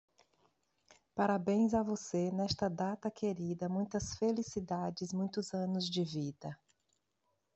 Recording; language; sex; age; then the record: short text; Brazilian Portuguese; female; 50 to 59 years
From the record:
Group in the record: control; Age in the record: 51 years